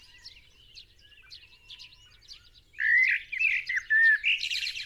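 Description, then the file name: Common blackbird breaking in with a loud mellow, slurred warble after quieter high twittering from other birds, ending in a harsh chattering burst. "Turdus merula"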